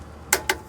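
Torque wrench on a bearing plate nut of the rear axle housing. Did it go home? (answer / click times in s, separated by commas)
yes / 0.3 s, 0.5 s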